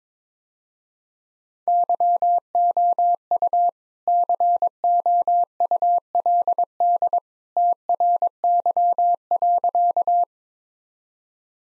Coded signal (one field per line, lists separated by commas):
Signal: Morse code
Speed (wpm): 22 wpm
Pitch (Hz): 700 Hz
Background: none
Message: YOU COULD TRY.